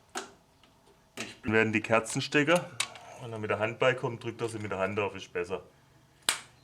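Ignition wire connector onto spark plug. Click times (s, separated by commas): 6.3 s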